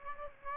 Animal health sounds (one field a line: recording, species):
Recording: mosquito wingbeat signal from an infrared sensor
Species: Aedes aegypti